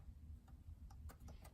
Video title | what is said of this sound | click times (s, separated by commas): Tutoriel : Comment nettoyer un PS4 ? | au pouce ou tout simplement vous entendez clic voilà | 1.3 s, 1.4 s